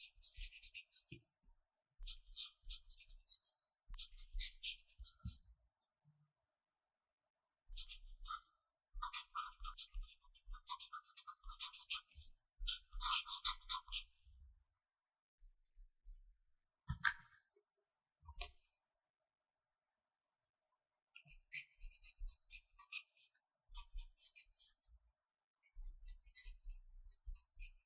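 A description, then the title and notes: Pencil writing comes in scratchy bursts of quick strokes, pausing often, with a sharp tap near seventeen seconds and silence before resuming. 寫字聊天 | 書寫聲 | Pencil Writing Sound for Relax | No Talking.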